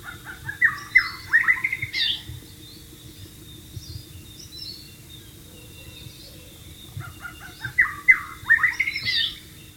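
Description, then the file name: White-rumped shama song: two bursts of rich, rapidly slurred notes, one at the start and one near the end, separated by a quiet stretch. "suara burung murai batu di alam liar"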